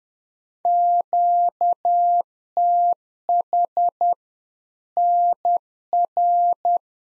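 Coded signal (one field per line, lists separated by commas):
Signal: Morse code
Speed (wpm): 10 wpm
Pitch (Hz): 700 Hz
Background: none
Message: QTH NR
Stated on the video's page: Practice QSO drill at 10wpm, beginning segment with RST, QTH and name; each segment sent in Morse, spoken, then sent again.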